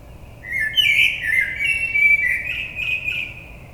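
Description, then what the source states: Common blackbird sings a long, meandering flute-like warble with varied pitch. Recorded on 22 May 2022.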